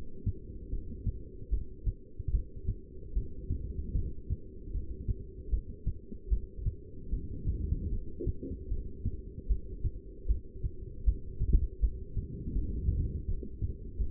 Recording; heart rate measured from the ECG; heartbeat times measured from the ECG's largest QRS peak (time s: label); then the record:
heart sounds by stethoscope; 77 bpm
0.71 s: heartbeat
1.51 s: heartbeat
2.32 s: heartbeat
3.15 s: heartbeat
3.95 s: heartbeat
4.73 s: heartbeat
5.51 s: heartbeat
6.30 s: heartbeat
7.11 s: heartbeat
7.91 s: heartbeat
8.69 s: heartbeat
9.48 s: heartbeat
10.27 s: heartbeat
11.05 s: heartbeat
11.81 s: heartbeat
12.54 s: heartbeat
13.27 s: heartbeat
13.99 s: heartbeat
From the record:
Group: heart failure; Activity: rest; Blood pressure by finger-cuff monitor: 169/102 mmHg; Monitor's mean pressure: 127 mmHg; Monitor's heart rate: 76 bpm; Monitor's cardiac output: 8.3 L/min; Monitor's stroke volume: 111 mL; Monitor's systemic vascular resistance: 1160 dyn s/cm5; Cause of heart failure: non-ischemic cardiomyopathy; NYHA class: 1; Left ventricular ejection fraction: 62%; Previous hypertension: present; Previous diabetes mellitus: present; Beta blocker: bisoprolol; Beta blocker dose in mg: 10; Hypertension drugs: sacubitril-valsartan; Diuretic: furosemide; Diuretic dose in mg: 20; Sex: male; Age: 49 years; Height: 167 cm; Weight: 110 kg